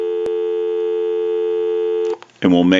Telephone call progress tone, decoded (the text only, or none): dial tone